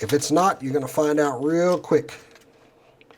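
Someone talks while a plastic bird module is being attached to the back of a Transformers Earthrise Commander Class Sky Lynx robot toy. The talking stops, and two faint short ticks come at about 3.0 and 3.1 s. The part has not seated or clicked into place yet.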